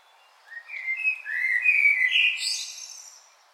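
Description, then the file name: Common blackbird song: a single phrase of mellow, fluted whistles that rise and wander, finishing in a high, thin, squeaky twitter. "Turdus merula"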